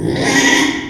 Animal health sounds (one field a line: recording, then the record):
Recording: squeal of a Yucatan mini pig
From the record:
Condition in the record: after surgery on the right vocal fold (resection and tissue-engineered implant)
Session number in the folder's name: 3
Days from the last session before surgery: 33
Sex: male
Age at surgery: 12 weeks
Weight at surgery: 13 kg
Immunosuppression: cyclosporine, prednisolone